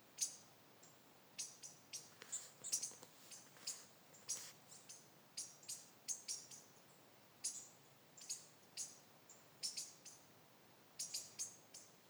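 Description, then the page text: Magpie tanager calls: sharp, very high chips, given singly and in quick doublets or clusters at irregular intervals, against a faint steady hiss. Recorded 24 June 2025 in Misiones, Argentina. "Frutero Overo (Cissopis leverianus). Santiago Juan Torres"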